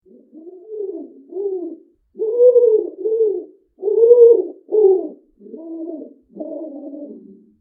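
Bird giving a series of low, soft, hollow coos, each rounded and drawn out, several in a row with short gaps.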